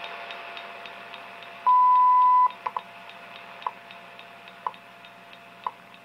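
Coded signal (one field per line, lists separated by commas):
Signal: radio time signal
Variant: WWV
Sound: a 0.8-second 1 kHz beep, then sharp ticks once per second over hiss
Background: radio static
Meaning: The long 1000 Hz tone marks the start of a minute; the ticks mark seconds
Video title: WWV 25mhz great reception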